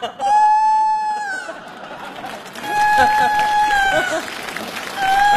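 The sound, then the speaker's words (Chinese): A rooster crows repeatedly, three long, strained calls with a steady, bright pitch, the first starting right away and the last cut off at the end, over a noisy background of murmuring voices. “这咋还打鸣呢？”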